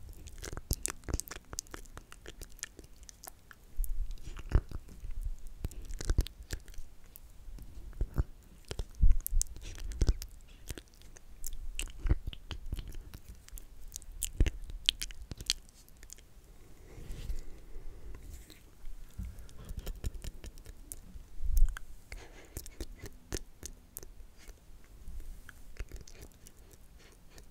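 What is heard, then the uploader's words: Intense ASMR mouth sounds: dense, irregular wet clicks, smacks and crunchy chewing bites that crackle through the whole clip with little pause. ASMR INTENSE MOUTH SOUNDS.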